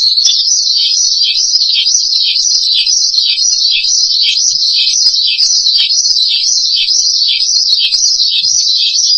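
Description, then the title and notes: Starling song, a continuous high, wavering chatter with regular rhythmic dips, steady and unbroken throughout. "suara burung jalak"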